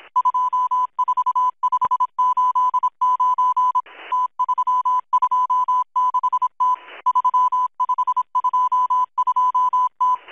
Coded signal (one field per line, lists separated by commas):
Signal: Morse code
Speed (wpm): 26 wpm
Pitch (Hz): 1000 Hz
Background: music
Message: 24589 T326T 3522T